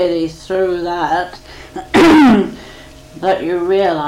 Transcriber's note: coughs